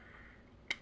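A second plastic leg is rotated and pushed into the hip joint of a transforming toy robot until it snaps home. After a quiet stretch, one sharp, loud click rings out at 0.7 s, and the leg is seated.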